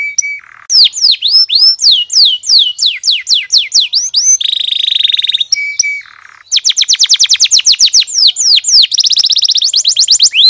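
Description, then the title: Oriental magpie-robin song opening with a steady whistle, then repeated descending whistled notes, a harsh buzzy rattle, and long runs of rapid trilled notes. Vigorous whistled song used as a lure to make other magpie-robins answer. "Pancingan Suara Siulan Kacer Gacor Mantap Untuk Memancing Kacer Lain Agar Mau Nyaut Bunyi"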